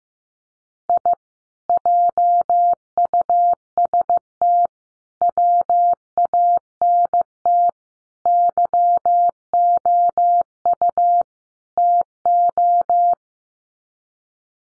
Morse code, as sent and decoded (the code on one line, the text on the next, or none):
.. / .--- ..- ... - / .-- .- -. - / -.-- --- ..- / - ---
I JUST WANT YOU TO